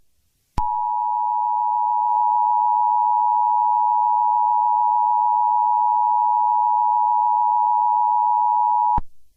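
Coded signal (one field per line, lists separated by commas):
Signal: Emergency Alert System (SAME) tones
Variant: 853 and 960 Hz attention tone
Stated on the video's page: Fictional EAS scenario, simulated alert.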